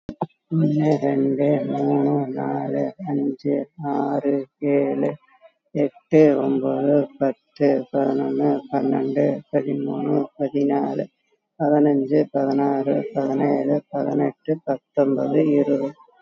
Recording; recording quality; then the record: counting at a normal pace; excellent, no background noise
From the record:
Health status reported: COVID-19 positive, moderate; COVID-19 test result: positive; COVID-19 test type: RT-PCR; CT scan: taken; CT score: 3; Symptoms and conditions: cough, sore throat, fever, fatigue, muscle pain, diabetes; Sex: female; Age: 62 years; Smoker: no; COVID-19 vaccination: one dose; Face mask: worn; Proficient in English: yes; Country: India